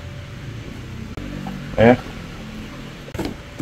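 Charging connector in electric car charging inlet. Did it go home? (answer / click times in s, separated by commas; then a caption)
yes / 3.2 s. A charging connector in the charging inlet of a 2024 Wuling Air EV, with charging just started, locks with a single short sharp click at 3.2 s, likely from the port's lock actuator. Someone talks over a low steady hum beforehand. The connector is locked into the car's inlet.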